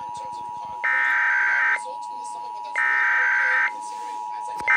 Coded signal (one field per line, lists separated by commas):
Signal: Emergency Alert System (SAME) tones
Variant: header bursts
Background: speech